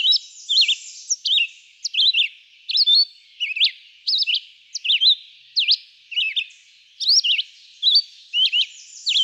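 Red-eyed vireo delivering a steady run of brief whistled phrases in quick succession, each slurring up or down.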